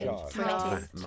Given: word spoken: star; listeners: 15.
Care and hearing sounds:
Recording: one English word in noise, from a listening test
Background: four-talker babble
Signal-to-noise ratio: -2.6 dB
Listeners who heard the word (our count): 0 of 15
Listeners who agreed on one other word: 6 of 15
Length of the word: 0.67 s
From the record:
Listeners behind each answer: 6, 1, 1, 1, 1, 1, 1, 1, 1, 1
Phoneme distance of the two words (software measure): 14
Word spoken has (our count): 1 syllable, 3 phonemes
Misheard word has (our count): 1 syllable, 3 phonemes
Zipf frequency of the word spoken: 5.04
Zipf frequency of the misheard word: 4.02

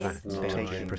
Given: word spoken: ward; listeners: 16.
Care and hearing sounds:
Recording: one English word in noise, from a listening test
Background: four-talker babble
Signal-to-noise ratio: -2.8 dB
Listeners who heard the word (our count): 0 of 16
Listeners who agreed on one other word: 6 of 16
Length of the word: 0.59 s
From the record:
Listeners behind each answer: 6, 2, 1, 1, 1, 1, 1, 1, 1, 1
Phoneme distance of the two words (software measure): 30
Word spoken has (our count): 1 syllable, 3 phonemes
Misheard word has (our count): 1 syllable, 3 phonemes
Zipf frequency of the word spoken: 4.29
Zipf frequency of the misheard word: 4.30

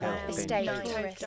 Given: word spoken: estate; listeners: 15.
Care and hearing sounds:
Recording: one English word in noise, from a listening test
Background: four-talker babble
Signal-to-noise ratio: -1.3 dB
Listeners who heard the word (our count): 4 of 15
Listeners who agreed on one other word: 9 of 15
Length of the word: 0.86 s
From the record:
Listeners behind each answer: 9, 4, 1, 1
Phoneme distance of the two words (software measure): 7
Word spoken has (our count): 2 syllables, 5 phonemes, stress on syllable 2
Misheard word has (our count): 1 syllable, 4 phonemes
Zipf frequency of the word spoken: 4.77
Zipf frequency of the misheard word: 5.23

